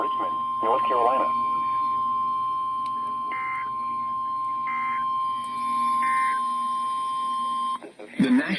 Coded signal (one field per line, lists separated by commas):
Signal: Emergency Alert System (SAME) tones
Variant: 1050 Hz attention tone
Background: speech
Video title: Severe Weather EAS Alerts (Marginal Risk) (7/10/26) EAS 291 - 335